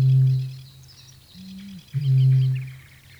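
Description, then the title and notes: Eurasian bittern booming: a deep hollow boom, a short slightly higher intake note, then a second deep boom, with small birds twittering faintly behind. From Päijät-Häme, Finland, in spring; released on cassette in 1983. "Kaulushaikara. Ilkka Heiskanen Kevät - Luontoääniä Päijät-Hämeestä"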